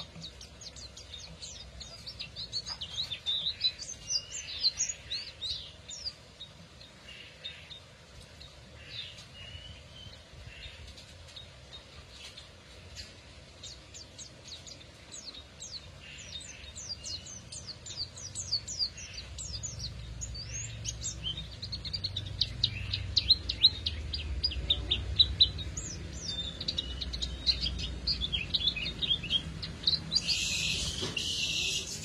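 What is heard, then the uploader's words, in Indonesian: A canary sings in rapid, dense trills and chirps throughout, over a low rumbling background that swells after twenty seconds, ending in a bright burst. Kenari F1 Ys.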